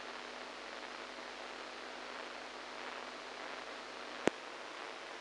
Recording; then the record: brain microelectrode recording played as sound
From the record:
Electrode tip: inside the subthalamic nucleus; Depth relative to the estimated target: -5 mm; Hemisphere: right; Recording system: NeuroSet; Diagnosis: Parkinson's disease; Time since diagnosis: 7 years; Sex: male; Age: 69 years